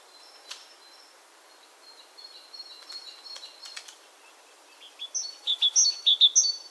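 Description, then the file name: Great tit song arriving near the end, a few crisp repeated phrases, after faint scattered ticks and a thin high call. "Parus major"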